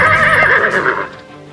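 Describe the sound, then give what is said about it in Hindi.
A horse pulling a royal carriage through a forest neighs loudly in a single shaky whinny, its high wavering cry fading out after about a second, with faint hoof clatter underneath and no voices. “हर बार जब शाही बग्घी जंगल से गुजरती, रॉबिन हुड और उसके दोस्त ना जाने कहां से टपकते।”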